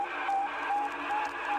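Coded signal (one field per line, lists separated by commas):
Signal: radiosonde or satellite telemetry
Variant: Sputnik 1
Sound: regular short beeps of one steady mid-pitch tone, four in under two seconds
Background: radio static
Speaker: c'est pour cette raison apparemment que l'enregistrement de sputnck 1 sonnait comme ça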